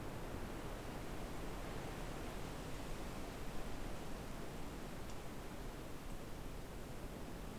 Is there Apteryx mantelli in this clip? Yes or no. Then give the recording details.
no. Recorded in New Zealand on 6 February 2013. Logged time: 23:58. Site DQ55